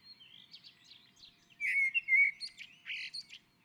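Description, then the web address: Common blackbird song: soft high squeaks first, then a loud, rich whistled phrase with a slurred, fluty ending. On a roof. "Naturinspelningar Koltrast på taket"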